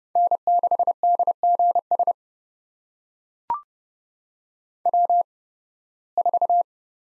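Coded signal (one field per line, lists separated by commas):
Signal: Morse code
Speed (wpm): 30 wpm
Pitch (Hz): 700 Hz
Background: none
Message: N6DGS W4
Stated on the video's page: Morse practice of five-character USA call signs at 30 wpm with 8x Farnsworth character spacing.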